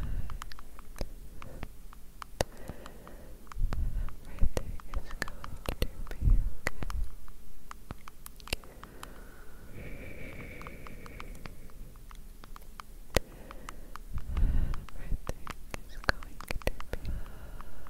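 Gentle tapping runs throughout as sharp, clicky taps, irregular but frequent, sometimes in quick clusters. Soft low breathy blowing swells in at about 3–4, 6, 10 and 14–15 seconds. Around 10 seconds a faint thin tone hovers briefly in the background.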